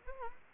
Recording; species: mosquito wingbeat signal from an infrared sensor; Anopheles gambiae